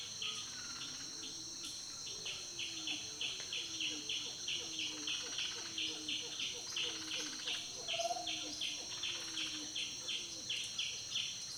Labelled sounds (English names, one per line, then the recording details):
Lühder's Bushshrike
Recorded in Kibale, Uganda